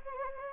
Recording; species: mosquito wingbeat signal from an infrared sensor; Anopheles gambiae